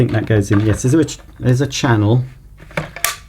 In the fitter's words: That's it. That's in now. You hear the click. So it's in place.